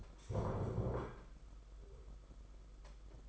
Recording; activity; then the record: daily activity, microphone in the room; stand up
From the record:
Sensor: 5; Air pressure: 991.8 hPa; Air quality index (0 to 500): 142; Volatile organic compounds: 125 ppm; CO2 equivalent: 3900 ppm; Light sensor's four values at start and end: 32/108/40/43 and 32/108/40/43